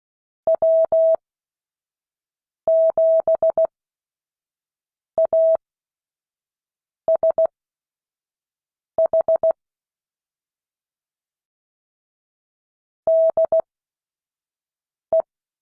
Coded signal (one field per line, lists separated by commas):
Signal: Morse code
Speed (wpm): 16 wpm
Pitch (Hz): 650 Hz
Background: none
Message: W7ASH DE